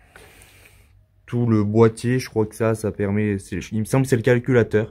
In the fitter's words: on vient du coup enlever donc ça c'est clipsé donc on vient le déclipser